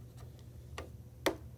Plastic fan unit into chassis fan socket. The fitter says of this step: And press, you hear click, that fan is back in place.